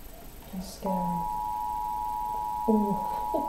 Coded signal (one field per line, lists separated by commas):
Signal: Emergency Alert System (SAME) tones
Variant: 853 and 960 Hz attention tone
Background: speech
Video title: Galaxy Gamer reacts to EAS alarms